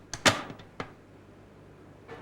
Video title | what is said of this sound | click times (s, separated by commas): 1998 Cuisinart DLC 10 | use both hands to turn the cover counterclockwise until it clicks | 0.1 s